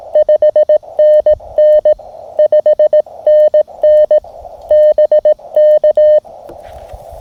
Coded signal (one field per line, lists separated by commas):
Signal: Morse code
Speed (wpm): 17 wpm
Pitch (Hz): 610 Hz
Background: none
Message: 5NN 5NN BK